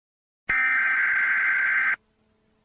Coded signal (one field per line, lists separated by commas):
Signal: Emergency Alert System (SAME) tones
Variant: header bursts